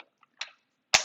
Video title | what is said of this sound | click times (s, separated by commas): 2019+ Nissan Altima 4-dr Sedan with Thule Evo Clamp + Wingbar Evo Roof Rack Crossbars | just by clicking that into place this plastic plug is included you just give that a quarter turn | 0.9 s